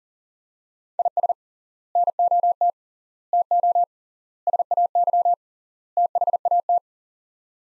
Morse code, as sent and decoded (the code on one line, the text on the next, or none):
.. ... / -. --- - / - --- / ... .- -.-- / - .... .- -
IS NOT TO SAY THAT